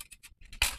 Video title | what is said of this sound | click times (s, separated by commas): 空调安装大管套小管（不焊接也不漏雪种）【杜哥修空调】 | it clicks, it's in place | 0.6 s